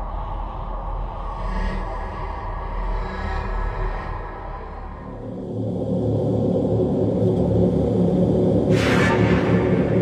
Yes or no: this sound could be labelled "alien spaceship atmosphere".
yes